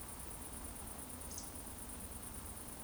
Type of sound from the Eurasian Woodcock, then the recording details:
whistle. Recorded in Baden-Württemberg, Germany, on 25 June 2020 at 20:28 UTC. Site 14569, 102 m above sea level